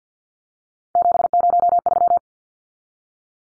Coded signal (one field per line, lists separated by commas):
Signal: Morse code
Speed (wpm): 50 wpm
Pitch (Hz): 700 Hz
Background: none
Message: 703